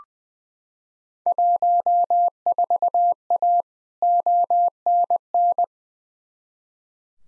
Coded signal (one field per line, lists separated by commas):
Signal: Morse code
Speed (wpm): 20 wpm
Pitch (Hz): 700 Hz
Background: none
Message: 14A ONN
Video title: Field Day Exchange Encore v3 - 20wpm